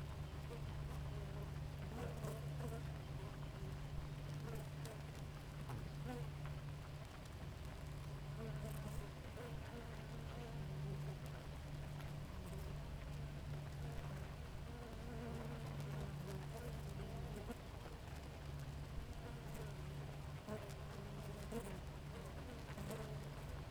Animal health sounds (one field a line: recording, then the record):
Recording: honeybee colony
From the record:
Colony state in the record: active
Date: 28 July 2017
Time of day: 4:28